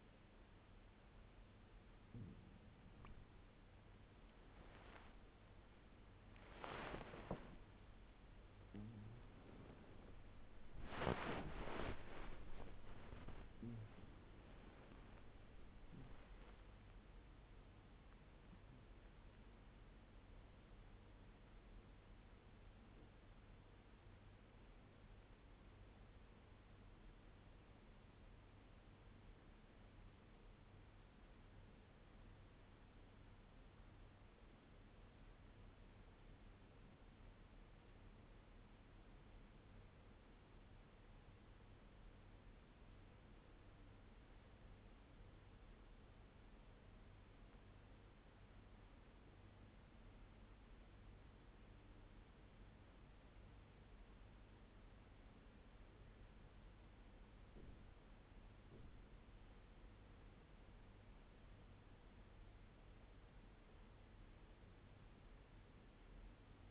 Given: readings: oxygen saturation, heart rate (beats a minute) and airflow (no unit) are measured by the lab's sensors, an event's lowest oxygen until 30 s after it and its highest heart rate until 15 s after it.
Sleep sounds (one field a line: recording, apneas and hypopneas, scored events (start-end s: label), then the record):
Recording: breathing in sleep by a voice recorder at the bedside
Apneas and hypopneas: 1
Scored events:
8.00-66.70 s: new sleep stage, N1 (lightest sleep)
28.00-61.60 s: hypopnea (N1, oxygen 98% highest, then 95% lowest)
From the record:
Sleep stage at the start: N2 (light sleep)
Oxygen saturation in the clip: 89 to 98%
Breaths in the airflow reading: 13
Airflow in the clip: -13.5 to 16.8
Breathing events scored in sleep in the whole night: 201 in 6.5 hours asleep